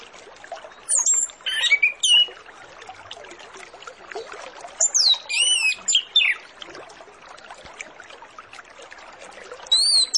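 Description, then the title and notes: Orange-headed Thrush song: scattered clusters of sharp, high, zigzagging notes, with quiet chattering background between the bursts. Full song with varied filler phrases, played as a lure recording to prompt Orange-headed Thrushes to start singing quickly. "Masteran Anis Kembang Full Isian Untuk Suara Pancingan Anis Kembang Agar Cepat Ngeplong. Suara Burung Anis Kembang"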